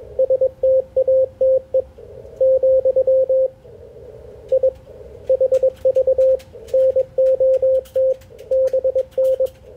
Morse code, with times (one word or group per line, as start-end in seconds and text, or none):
0.2-1.8 STATE
2.4-3.5 ,
4.5-4.7 I
5.3-6.4 HV
6.7-8.1 NOT
8.5-9.5 BN